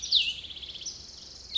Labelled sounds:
Cassin's Vireo
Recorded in Sonoma County, California

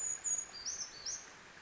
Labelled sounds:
Western Flycatcher
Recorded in Sonoma County, California

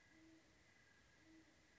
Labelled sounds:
Great Horned Owl
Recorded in Sonoma County, California

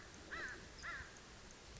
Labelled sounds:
American Crow
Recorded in Sonoma County, California

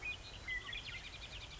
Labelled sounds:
Western Meadowlark
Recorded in Sonoma County, California

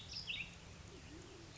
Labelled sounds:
Band-tailed Pigeon
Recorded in Sonoma County, California

